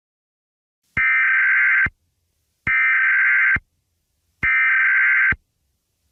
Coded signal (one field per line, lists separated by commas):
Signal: Emergency Alert System (SAME) tones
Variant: header bursts